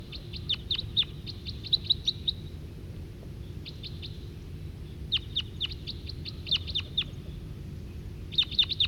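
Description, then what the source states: Crossbill calls: clustered bursts of sharp, high kip notes, several in quick succession, separated by short gaps, over a steady low rumble. Wild male giving calls and coming nearer, apparently attracted by two decoy birds placed on the ground in the middle of a gravel parking lot off the road.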